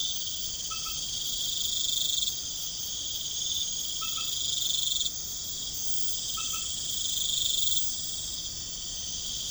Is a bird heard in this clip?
no